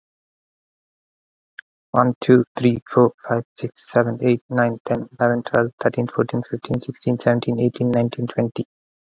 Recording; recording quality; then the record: counting at a fast pace; excellent, no background noise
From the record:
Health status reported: healthy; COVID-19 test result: negative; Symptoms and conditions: sore throat, fatigue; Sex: male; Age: 34 years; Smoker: yes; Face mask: not worn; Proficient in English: yes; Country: India